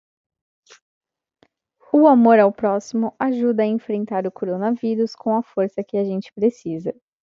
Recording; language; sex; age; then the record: spoken sentence; Brazilian Portuguese; female; 20 to 29 years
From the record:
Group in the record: control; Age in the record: 29 years